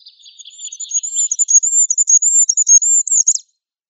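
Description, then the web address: Goldcrest song, a thin very high run of rapid repeated notes ending in a flourish, with softer lower chattering notes at the start. "Schulze Peter Goldcrest song"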